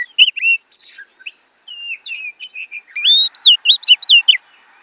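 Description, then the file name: Oriental magpie-robin song of varied short whistles and trills, ending in a fast series of loud looping notes, with a steady high tone behind. Oriental magpie-robin from Borneo; recording made for training songbirds (masteran). "kacer borneo"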